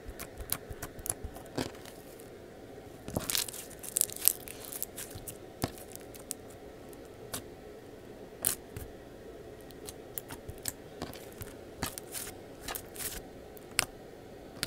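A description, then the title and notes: Slime is squished and pulled, giving irregular wet clicks and sticky pops every fraction of a second, with denser bursts around 3–4 and 12–13 seconds. A steady low hum sits underneath throughout. Random ASMR triggers (slime, tapping, etc).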